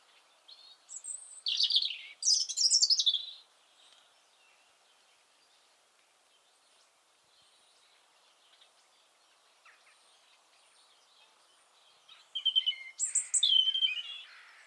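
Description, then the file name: European robin giving thin, high warbling phrases of quick varied notes, one burst early and another near the end, separated by near silence. "Erithacus rubecula"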